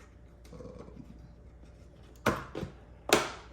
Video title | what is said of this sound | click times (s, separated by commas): Rebuilding My Ultimate DREAM Gaming PC!! | like that you want to hear it click like that and then boom your rhyme is doing okay | 2.3 s, 3.1 s